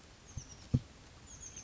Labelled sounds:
Oak Titmouse
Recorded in Sonoma County, California

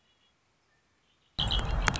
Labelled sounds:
Red-winged Blackbird
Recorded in Sonoma County, California

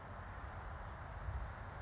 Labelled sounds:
California Towhee
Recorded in Sonoma County, California

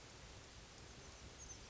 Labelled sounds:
Oak Titmouse
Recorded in Sonoma County, California

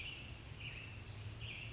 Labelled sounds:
American Robin
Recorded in Sonoma County, California

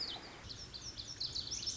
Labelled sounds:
Lazuli Bunting
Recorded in Sonoma County, California

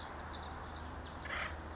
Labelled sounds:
Acorn Woodpecker
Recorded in Sonoma County, California

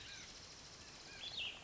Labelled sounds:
Cassin's Vireo
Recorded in Sonoma County, California

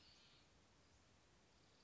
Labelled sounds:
Western Flycatcher
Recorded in Sonoma County, California

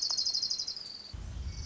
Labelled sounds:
Orange-crowned Warbler
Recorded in Sonoma County, California

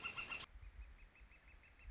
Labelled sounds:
Northern Flicker
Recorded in Sonoma County, California

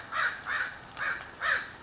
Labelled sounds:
American Crow
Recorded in Sonoma County, California

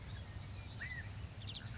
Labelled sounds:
California Quail
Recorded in Sonoma County, California

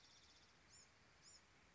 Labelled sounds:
Bewick's Wren
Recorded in Sonoma County, California

